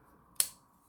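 During reassembly of an old Nokia 3210 mobile phone, after its four screws are tightened, a plastic cover or housing part is pressed onto the phone. A single sharp, bright snap at 0.4 s fades within about two tenths of a second against a quiet background. The cover clicks into place and is seated.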